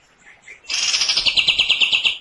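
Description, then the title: Cream-vented bulbul delivering a single loud, raspy burst of rapid evenly spaced notes lasting about one and a half seconds after two soft chirps. Loud, harsh, long song, used to train songbirds. "Pikat Masteran Kapas Tembak. Tembakan Panjang Kapas Tembak Gacor Suara Lantang Kasar"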